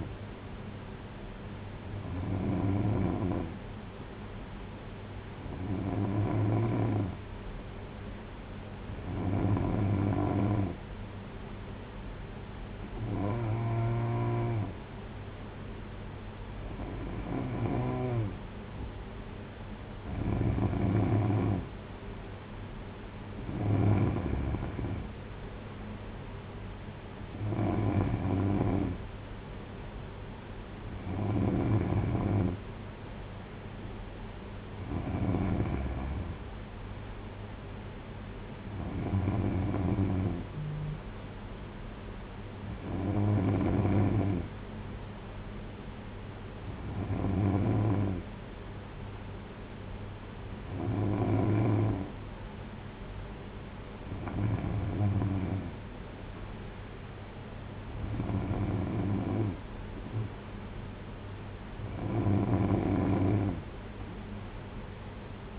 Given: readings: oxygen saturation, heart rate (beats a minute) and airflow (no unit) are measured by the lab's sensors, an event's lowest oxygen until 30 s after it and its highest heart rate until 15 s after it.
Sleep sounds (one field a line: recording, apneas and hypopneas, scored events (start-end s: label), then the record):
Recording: breathing in sleep by a voice recorder at the bedside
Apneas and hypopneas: none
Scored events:
none scored
From the record:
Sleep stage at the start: N3 (deep sleep)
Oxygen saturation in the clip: 92 to 94%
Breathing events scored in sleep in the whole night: 226 in 8.8 hours asleep